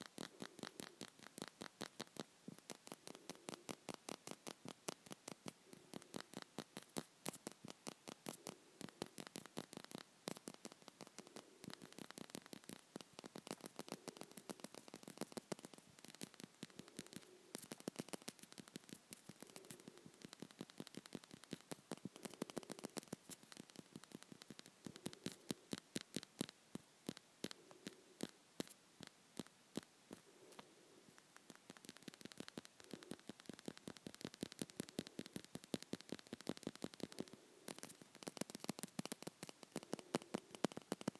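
Rapid nail-on-nail tapping clicks along densely and almost without pause, bright and crisp, keeping a steady brisk rhythm throughout.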